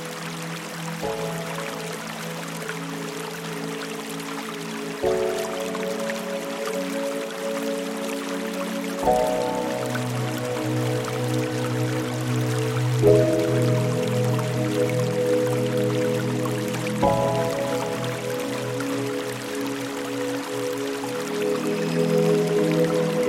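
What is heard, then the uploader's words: Soft, sustained music chords dominate, shifting to a new chord about every four seconds, with a low bass tone under most of them. A faint, steady trickle of water from the bamboo fountain hisses quietly beneath the music throughout. Bamboo Fountain, Trickling Water Sounds & Relaxing Music In A Mesmerizing Botanical Garden. The rhythmic flow of water from a serene bamboo fountain. Soft melodies, gentle chords, and harmonious tunes interweave with the bamboo fountain sounds.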